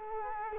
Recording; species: mosquito wingbeat signal from an infrared sensor; Culex quinquefasciatus